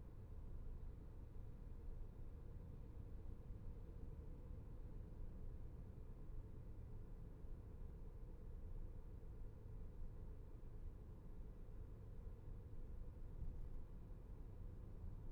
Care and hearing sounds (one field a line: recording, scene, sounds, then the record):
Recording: everyday scene through a hearing-aid microphone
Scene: in a vehicle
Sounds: engine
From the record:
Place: VW T5 Caravelle, diesel engine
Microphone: behind the ear, left, front